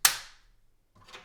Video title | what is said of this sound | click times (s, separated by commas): 2013 - 2014 Subaru Outback Key Fob Battery Replacement - How To Change Replace HYQ14AGX Batteries | And then we can go ahead and snap the back on, | 0.1 s